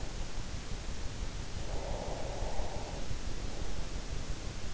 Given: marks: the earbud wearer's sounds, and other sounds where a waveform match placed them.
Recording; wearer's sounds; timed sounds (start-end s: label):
sounds in sleep by an in-ear microphone; breath
1.42-3.07 s: breath